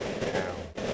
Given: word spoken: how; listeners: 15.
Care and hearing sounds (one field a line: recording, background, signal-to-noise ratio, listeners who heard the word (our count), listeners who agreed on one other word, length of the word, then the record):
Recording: one English word in noise, from a listening test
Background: noise modulated by three-talker babble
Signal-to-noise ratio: -5.8 dB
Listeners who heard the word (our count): 3 of 15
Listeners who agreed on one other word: 8 of 15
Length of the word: 0.54 s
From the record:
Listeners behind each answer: 8, 3, 1, 1, 1, 1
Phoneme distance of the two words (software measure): 10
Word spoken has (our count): 1 syllable, 2 phonemes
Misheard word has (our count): 1 syllable, 2 phonemes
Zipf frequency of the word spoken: 6.33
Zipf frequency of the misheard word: 4.44